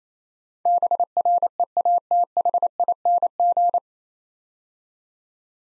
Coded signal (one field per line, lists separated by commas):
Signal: Morse code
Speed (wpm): 28 wpm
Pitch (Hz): 700 Hz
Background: none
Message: BREATHING